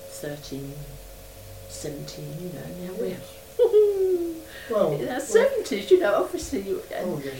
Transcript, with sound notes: thirteen, seventeen, you know. And now we're [chuckles]
Well,
In our seventies! You know, obviously you--
Oh yes.